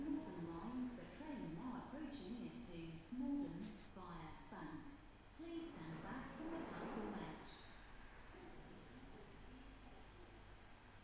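An empty Underground train rumbles along with a steady low drone, wavering tones and clanks in the first half, settling into smoother running noise.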